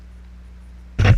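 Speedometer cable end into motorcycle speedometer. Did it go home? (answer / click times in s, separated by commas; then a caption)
no / none. A speedometer cable end is handled at the speedometer on top of a KLR 650 motorcycle, to be pushed in so it locks. A low, steady hum runs for about a second, then loud, broadband handling noise starts near 1.0 s and continues to the end. Nothing has seated or clicked yet.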